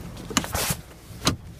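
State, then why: Seated. The rear seat cushion in the cab of a 2012 Nissan Titan pickup is pulled up by its lever and folded up. It latches in place with a sharp click at 0.4 s, followed by a rustling, thumping stretch and a second sharp knock at 1.3 s. The cushion is locked up in its folded position.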